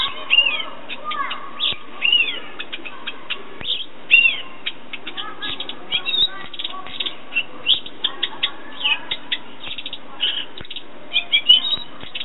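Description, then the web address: Thrush song, busy and varied: looping whistled notes, sharp chirps and rapid twitters in quick succession. "Golosa ptic - Penie drozda. Ptica - Penie ptic - Drozd"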